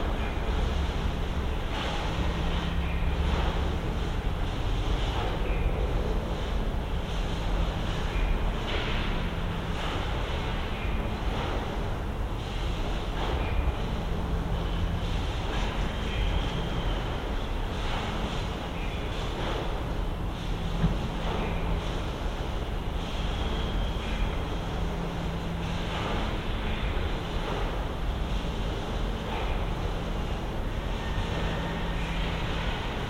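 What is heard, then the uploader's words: A steady, dense industrial rumble fills the evening air, with a low hum that fades in and out and faint scattered clanks throughout. Evening Industry. Neath, September 2020. Recorded using the Sennheiser AMBEO Smart Headset.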